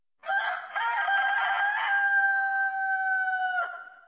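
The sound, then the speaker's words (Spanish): A rooster crows far away at dawn in one long, loud cock-a-doodle-doo, its harmonic call holding steady for several seconds before breaking off with a final rasp. No one speaks. “Lo que sí se oyó, muy a lo lejos, fue un canto de gallo que para algunos de nosotros...”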